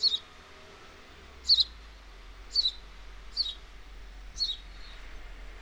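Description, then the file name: House sparrow chirps: single short notes roughly once a second, fairly soft against a steady low background noise. "Passer domesticus"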